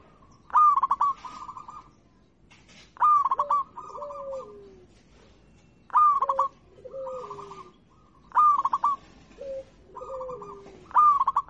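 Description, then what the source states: Zebra dove cooing in rapid stuttered phrases about every two and a half seconds, most trailed by softer notes and a lower falling note. Local-type (lokal) zebra dove song (kicau).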